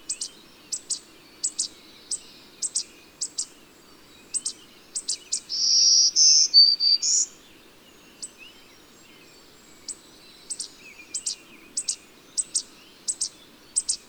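Bird singing high, paired chirps in a steady series, with one short stretch of pure, high whistles midway before the chirping resumes.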